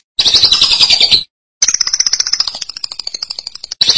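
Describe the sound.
Lovebird song made of two bursts of fast, high, grating chatter, the second falling slightly and fading before a fresh start.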